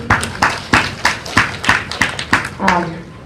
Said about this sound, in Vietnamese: Dạ, cảm ơn quý vị một tràng pháo tay.